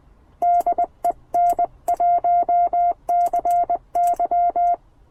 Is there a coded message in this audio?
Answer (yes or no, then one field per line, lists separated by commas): yes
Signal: Morse code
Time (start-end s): 0.4-4.7 s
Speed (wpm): 20 wpm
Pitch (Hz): 700 Hz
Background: none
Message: DE N1CY